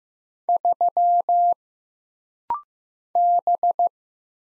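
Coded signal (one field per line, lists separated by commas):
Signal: Morse code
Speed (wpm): 15 wpm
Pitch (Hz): 700 Hz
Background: none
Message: 3 B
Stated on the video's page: Rapid-fire Morse practice at 15 wpm: single letters, numbers, punctuation and prosigns, each sent twice for instant character recognition drill.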